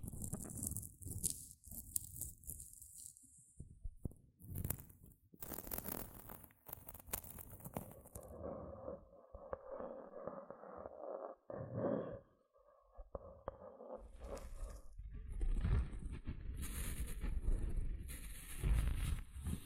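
Gentle scratching comes in uneven bursts of crisp, bright scraping, easing into a softer, muffled rubbing midway before denser scratching returns toward the end.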